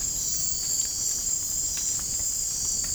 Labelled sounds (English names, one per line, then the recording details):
none
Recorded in dense forest near Puerto Asís, Putumayo, Colombia, on 27 June 2025 at 00:00
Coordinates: 0.503, -76.323
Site G059